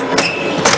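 The door latch of the compact Norcold refrigerator-freezer, which runs on electric or propane, in a 2014 Little Guy T@G Max travel trailer is being handled and closed. Two short knocking bursts come at about 0.2 s and 0.7 s over a steady low hum. Nothing has locked into place yet.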